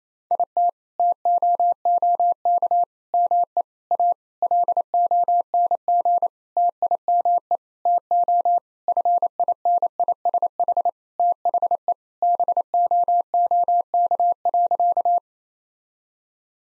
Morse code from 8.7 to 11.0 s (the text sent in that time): FINISH